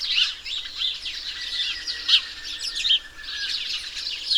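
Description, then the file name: House sparrow chirps, several sharper individual notes standing out above a background of overlapping flock chatter. "Passer domesticus"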